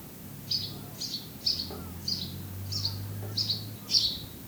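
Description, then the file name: House sparrow uttering sharp repeated chirps, over a steady low hum in the background. "Passer domesticus"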